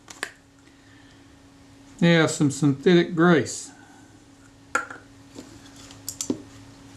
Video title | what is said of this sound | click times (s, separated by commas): Kodak Retina IIIC, bad cocking rack, part 03 | and that should just click in and pop into place. | 0.1 s, 0.2 s